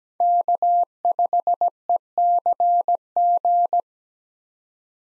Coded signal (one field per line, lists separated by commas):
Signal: Morse code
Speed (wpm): 17 wpm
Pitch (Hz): 700 Hz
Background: none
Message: K5ECG